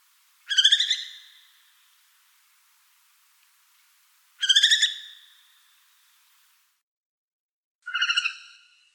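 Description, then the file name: Northern hawk-owl giving harsh, rasping screeches, each about a second long and fading out. Three calls are spaced roughly four seconds apart, with silence between. "Sova yastrebinaya Surnia ulula"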